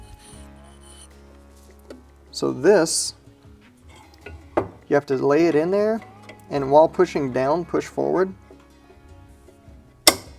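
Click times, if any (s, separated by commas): 10.1 s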